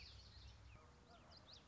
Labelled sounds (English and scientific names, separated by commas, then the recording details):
Common Yellowthroat (Geothlypis trichas)
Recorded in Sonoma County, California